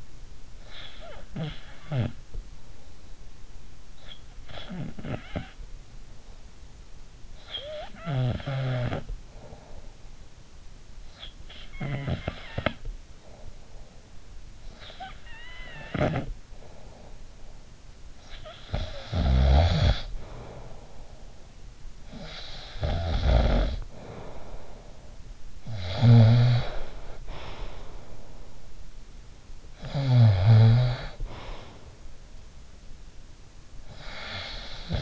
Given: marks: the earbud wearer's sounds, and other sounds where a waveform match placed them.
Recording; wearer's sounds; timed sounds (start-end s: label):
sounds in sleep by an in-ear microphone; snoring breath
0.00-35.02 s: snoring breath